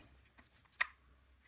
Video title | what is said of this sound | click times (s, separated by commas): Miami Sound Machine - unboxing and full review | for some reason that one won't latch | none